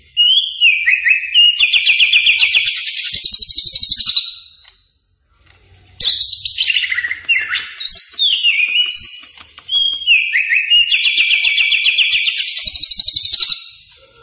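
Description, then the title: Leafbird song: loud bursts of rapid chattering, trilled and whistled notes with sliding phrases, pausing briefly before resuming in long rich strophes. Full, frequent song. "Cucak Ijo Gacor"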